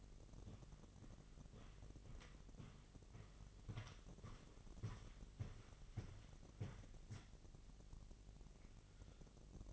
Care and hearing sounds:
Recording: daily activity, microphone in the room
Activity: walk to room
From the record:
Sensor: 4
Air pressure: 1000.3 hPa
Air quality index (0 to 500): 214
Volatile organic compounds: 22 ppm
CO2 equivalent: 2764 ppm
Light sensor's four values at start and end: 9/21/8/8 and 9/20/8/8

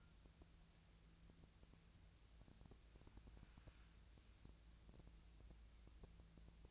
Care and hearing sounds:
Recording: daily activity, microphone in the room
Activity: wipe stove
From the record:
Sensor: 2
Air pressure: 1000.4 hPa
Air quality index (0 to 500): 172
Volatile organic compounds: 3 ppm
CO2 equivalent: 1425 ppm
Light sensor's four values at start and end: 10/23/10/10 and 10/24/10/11

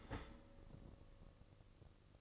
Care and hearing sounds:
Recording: daily activity, microphone in the room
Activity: start toaster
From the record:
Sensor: 4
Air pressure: 1008.1 hPa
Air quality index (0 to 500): 108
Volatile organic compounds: 1 ppm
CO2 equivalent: 799 ppm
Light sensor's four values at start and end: 9/21/8/9 and 10/22/9/9

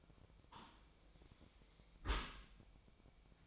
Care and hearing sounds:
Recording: daily activity, microphone in the room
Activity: close dishwasher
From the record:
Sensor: 1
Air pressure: 1003.1 hPa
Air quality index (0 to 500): 196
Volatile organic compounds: 6 ppm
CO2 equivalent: 1877 ppm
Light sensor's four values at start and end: 28/68/29/35 and 28/69/29/35

